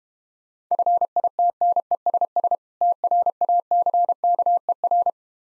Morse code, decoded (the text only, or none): FITNESS TRACKER